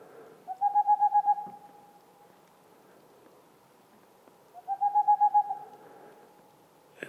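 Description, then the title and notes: Boreal owl song, two fast trains of mellow, steady-pitched hoots about four seconds apart, a little noise at the very end. Male singing near a black woodpecker nest hole; mountains near the Mediterranean, 2 April 2019, 20:15; homemade parabolic dish, two omnidirectional mics, MixPre-3; heard after nearly two hours' wait. "Une chouette pas si boréale. 02 avril 2019-20h15-en montagne. la Tengmalm boréale ( Aegolius funereus) , pas si boréale que cela car nous sommes aux portes de la méditerranée"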